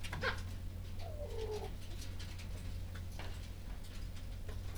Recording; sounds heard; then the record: poultry house recording; sick chickens (respiratory disease)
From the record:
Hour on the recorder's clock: 21